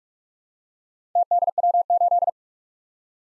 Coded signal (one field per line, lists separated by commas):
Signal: Morse code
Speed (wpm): 44 wpm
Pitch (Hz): 700 Hz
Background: none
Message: TDW8